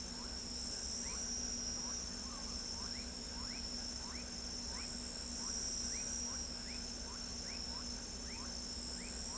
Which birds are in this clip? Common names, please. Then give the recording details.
none. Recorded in pastures near Pivijay, Magdalena, Colombia, on 4 June 2023 at 22:00. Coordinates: 10.456, -74.369. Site P6-G026